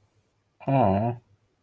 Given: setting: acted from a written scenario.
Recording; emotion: vocal sound without words; adoration